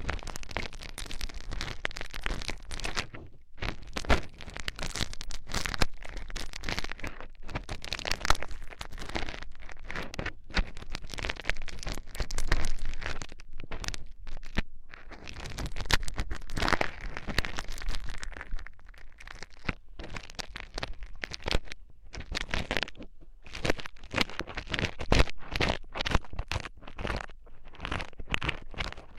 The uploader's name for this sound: penetrating flow ear cleaning